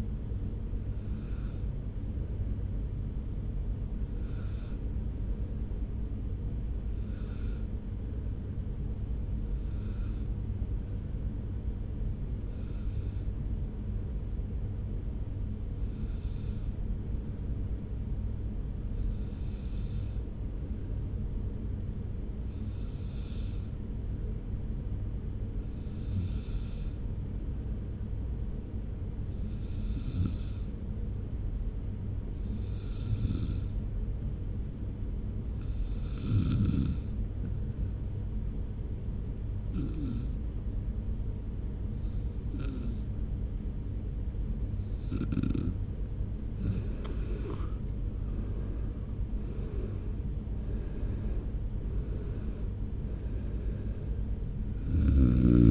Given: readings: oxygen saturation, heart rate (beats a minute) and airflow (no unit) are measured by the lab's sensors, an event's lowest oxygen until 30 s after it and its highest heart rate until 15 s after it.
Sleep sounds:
breathing in sleep by a smartphone at the bedside; 1
5.00-47.20 s: hypopnea (N1, oxygen 97% highest, then 88% lowest)
From the record:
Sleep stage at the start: N1 (lightest sleep); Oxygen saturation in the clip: 88 to 97%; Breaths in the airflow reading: 21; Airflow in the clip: -2.2 to 3.6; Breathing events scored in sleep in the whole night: 335 in 6.7 hours asleep

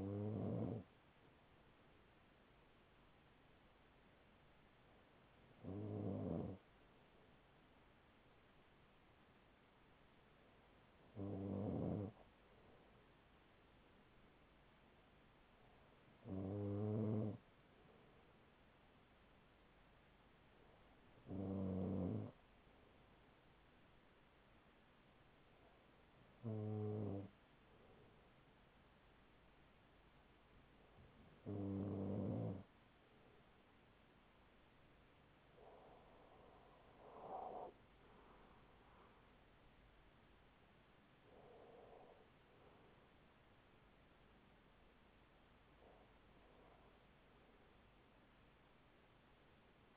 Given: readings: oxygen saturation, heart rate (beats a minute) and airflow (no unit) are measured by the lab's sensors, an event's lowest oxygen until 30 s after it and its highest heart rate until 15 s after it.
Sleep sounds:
breathing in sleep by a voice recorder at the bedside; none
none scored
From the record:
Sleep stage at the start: N2 (light sleep); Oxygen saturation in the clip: 94 to 95%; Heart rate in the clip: 40 to 51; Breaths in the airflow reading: 10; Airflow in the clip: -7.9 to 9.8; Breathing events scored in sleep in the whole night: 207 in 7.6 hours asleep

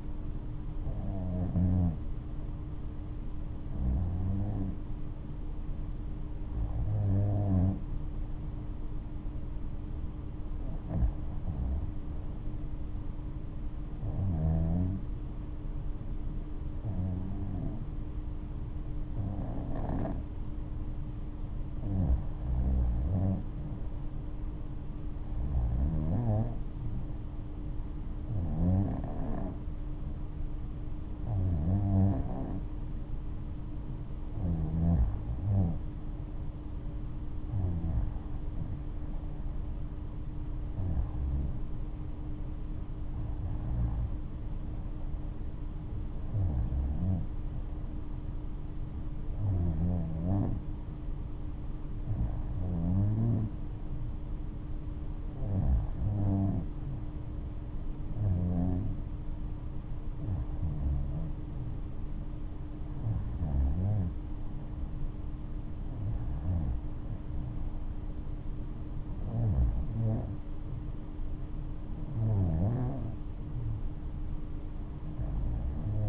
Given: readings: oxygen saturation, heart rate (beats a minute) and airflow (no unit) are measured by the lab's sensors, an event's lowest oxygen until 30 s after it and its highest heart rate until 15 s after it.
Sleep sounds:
breathing in sleep by a smartphone at the bedside; none
none scored
From the record:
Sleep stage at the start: REM sleep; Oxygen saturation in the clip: 90 to 93%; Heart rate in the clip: 72 to 81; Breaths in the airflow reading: 26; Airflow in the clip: -7.1 to 9.8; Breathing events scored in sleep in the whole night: 228 in 5.4 hours asleep

